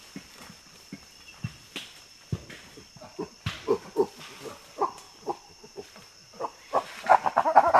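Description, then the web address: Chimpanzee hoots, a rapid run of breathy panting calls that grow louder and quicken toward the end, with a steady high hum in the background. "common chimpanzee"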